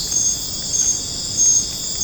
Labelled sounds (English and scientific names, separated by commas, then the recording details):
none
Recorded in secondary vegetation near Puerto Asís, Putumayo, Colombia, on 13 March 2025 at 23:30
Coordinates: 0.481, -76.318
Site G097